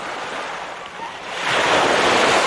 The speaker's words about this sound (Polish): A dziś będziemy się budzić z szumem morza. Wczoraj też budziliśmy się z szumem morza, ale to było trochę inne morze. Ciekawe, czy Państwo rozpoznają różnicę?